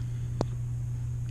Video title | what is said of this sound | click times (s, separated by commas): VEX FLAT BEARING INSTALL WITH POP RIVETS | snaps right in place | 0.4 s